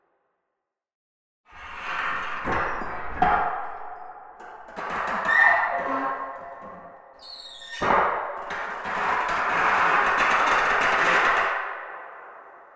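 After a second and a half of silence, a blacksmith's bellows pushes out airy, rushing breaths in several uneven waves, with sharp wooden knocks near 2.5, 3 and 8 seconds. A brief creak of the wooden vise precedes the last long gust, which fades slowly in an echoing space.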